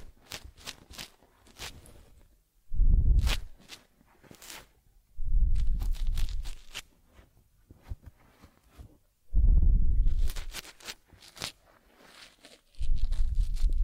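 Teddy bear care sounds: soft brushing and rubbing against fur come in bursts, with heavier, muffled rubbing swells around three, five to seven, nine to eleven, and thirteen seconds. Between them, sharp thin ticks and light scratches sound repeatedly, like combing through fur.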